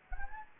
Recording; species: mosquito wingbeat signal from an infrared sensor; Anopheles gambiae